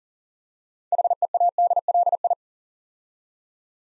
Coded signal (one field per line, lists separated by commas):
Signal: Morse code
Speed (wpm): 39 wpm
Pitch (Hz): 700 Hz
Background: none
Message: HEADLI